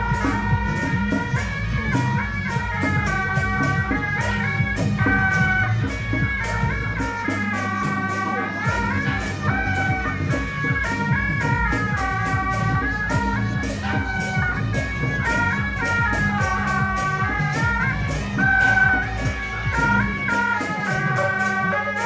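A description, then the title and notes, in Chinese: A temple pilgrimage procession plays in a Taipei street lane by a park. Cymbals and drums strike in a fast, steady beat while a shrill reed melody steps up and down above a low rumble, loud for the whole stretch. 北安府癸卯年謁祖晉香回鑾–聲音現場。台北市樹德公園–大龍街87巷巷口與巷內。上午。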